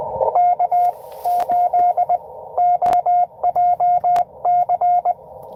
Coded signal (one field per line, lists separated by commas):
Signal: Morse code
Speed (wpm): 23 wpm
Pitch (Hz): 700 Hz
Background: radio noise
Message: K8OJC